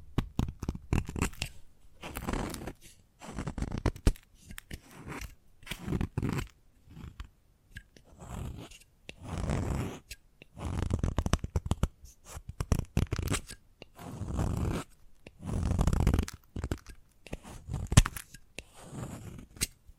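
Chalk scratches and scrapes in a run of short strokes, each lasting about a second, with brief pauses between them and sharp taps scattered throughout. The strokes are gritty and rough, some heavier and lower, and the rhythm stays uneven across the whole stretch.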